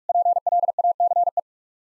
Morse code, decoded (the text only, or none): PLACE